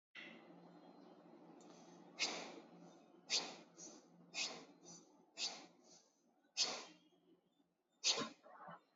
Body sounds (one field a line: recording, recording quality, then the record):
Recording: deep breathing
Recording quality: excellent, no background noise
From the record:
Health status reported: exposed to COVID-19, no respiratory illness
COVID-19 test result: negative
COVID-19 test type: RT-PCR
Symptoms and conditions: sore throat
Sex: female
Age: 22 years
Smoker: no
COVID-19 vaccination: one dose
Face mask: not worn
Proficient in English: yes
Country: India